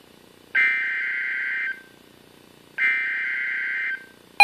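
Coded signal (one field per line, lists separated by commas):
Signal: Emergency Alert System (SAME) tones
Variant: header bursts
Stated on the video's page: Special Marine Warning recorded with a Samsung Galaxy S III.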